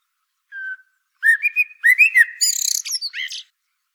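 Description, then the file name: Common blackbird song phrase: a soft whistled note, then a run of fluting warbled notes ending in high squeaky twitters. "Turdus merula"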